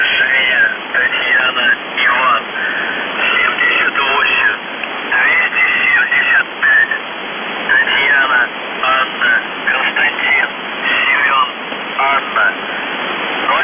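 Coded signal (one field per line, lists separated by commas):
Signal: numbers station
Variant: UVB-76 Russian voice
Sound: a voice reading short words over a noisy shortwave channel, no buzzer heard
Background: radio static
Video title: The Buzzer/UVB-76(4625Khz) December 8, 2021 12:26UTC Voice message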